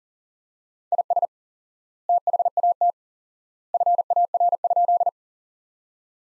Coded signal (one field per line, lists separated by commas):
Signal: Morse code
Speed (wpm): 40 wpm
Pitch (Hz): 700 Hz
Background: none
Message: IS THAT FAR?